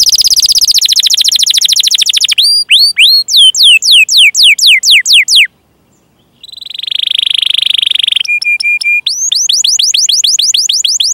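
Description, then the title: Canary song mixing a rapid high trill, slower falling swept notes, a pause, a buzzy trill, flat whistles, and another fast trill. Canary singing vigorously (gacor) with its best song style (cengkok) and richest fill phrases (isian), used for bird-song training. "Kenari Gacor Cengkok Terbaik Isian Paling Mewah"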